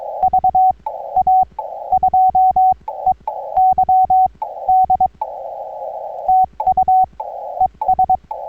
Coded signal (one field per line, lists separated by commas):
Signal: Morse code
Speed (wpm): 22 wpm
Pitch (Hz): 750 Hz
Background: none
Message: VA2EYD TU ES